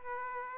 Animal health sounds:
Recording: mosquito wingbeat signal from an infrared sensor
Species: Aedes aegypti

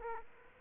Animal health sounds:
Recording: mosquito wingbeat signal from an infrared sensor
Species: Aedes aegypti

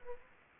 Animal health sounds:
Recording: mosquito wingbeat signal from an infrared sensor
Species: Aedes aegypti

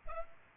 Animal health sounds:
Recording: mosquito wingbeat signal from an infrared sensor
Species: Culex pipiens

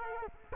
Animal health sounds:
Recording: mosquito wingbeat signal from an infrared sensor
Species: Culex quinquefasciatus

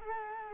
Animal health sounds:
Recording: mosquito wingbeat signal from an infrared sensor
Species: Culex quinquefasciatus

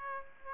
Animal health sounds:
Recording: mosquito wingbeat signal from an infrared sensor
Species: Aedes aegypti

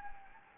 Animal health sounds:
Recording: mosquito wingbeat signal from an infrared sensor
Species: Anopheles gambiae

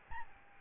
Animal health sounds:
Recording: mosquito wingbeat signal from an infrared sensor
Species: Aedes albopictus

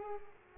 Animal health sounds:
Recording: mosquito wingbeat signal from an infrared sensor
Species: Culex pipiens

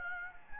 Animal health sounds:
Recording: mosquito wingbeat signal from an infrared sensor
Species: Anopheles gambiae

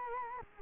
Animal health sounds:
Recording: mosquito wingbeat signal from an infrared sensor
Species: Culex quinquefasciatus

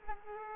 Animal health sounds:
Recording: mosquito wingbeat signal from an infrared sensor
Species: Aedes aegypti

